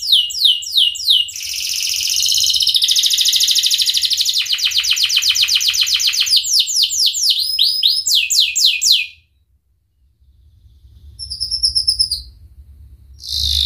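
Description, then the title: Atlantic canary song: rapid trills of descending high notes, then a dense buzzy roll and fast chattering tours, a brief pause near ten seconds, then short bright notes resume. Canary singing vigorously, with the best phrasing and the richest fill-in passages. "Kenari Gacor Cengkok Terbaik Isian Paling Mewah"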